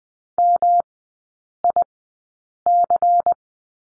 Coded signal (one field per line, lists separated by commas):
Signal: Morse code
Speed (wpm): 20 wpm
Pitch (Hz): 700 Hz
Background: none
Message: MIC